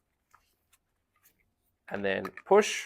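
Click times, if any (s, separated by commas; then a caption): none. The end of a hose coupling is lined up with the port of a Cryon-X One cold therapy knee garment before being pushed in, with faint handling taps around 0.3 s and 0.7 s. Someone then talks. Nothing has seated or clicked yet.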